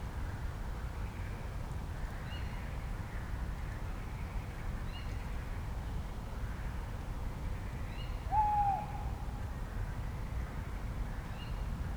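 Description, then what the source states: Tawny Owl sounds one clear, slightly falling note late on, with several faint high chirps and a continuous background hiss. At night around 01:30, over the Roselière des Gourgues reedbed in Fenouillet, France; reedbed fallen silent, chorus moved into the distance, probably on the lake; sound-trap recording.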